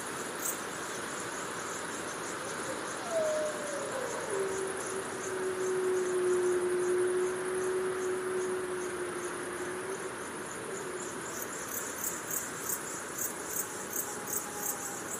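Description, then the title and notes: Wolf howl, one long tone that slides down, then holds steady for about six seconds before fading; a fainter howl follows, over constant high cricket chirping. Distant pack of wolves howling at night on the prairie under moonlight. "Wolves Howling in the Night. A distant pack of wolves call in the peace and serenity of the prairie under the light of the moon"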